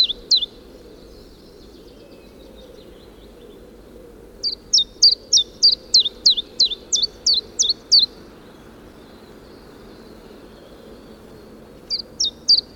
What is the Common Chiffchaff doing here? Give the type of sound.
song